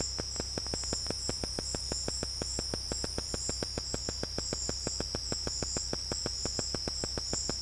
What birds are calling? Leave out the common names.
none